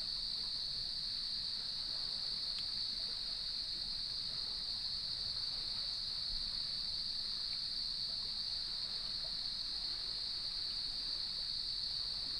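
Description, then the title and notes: Cricket chorus as a continuous shrill hum at a single pitch, with a constant low wash of surf beneath it. Evening chorus at sunset on the beach of Lighthouse West Natural Area, Leelanau Peninsula, near gnarled cedar trees; waves in background. "Sounds of Leelanau Peninsula: Lighthouse West Natural Area. As I approached the beach, the sun was just setting, and the crickets made themselves known. Nature is my Jam"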